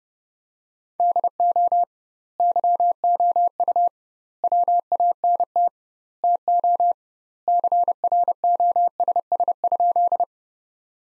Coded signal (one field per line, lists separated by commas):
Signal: Morse code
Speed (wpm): 30 wpm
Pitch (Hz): 700 Hz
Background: none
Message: DO YOU WANT TO CROSS?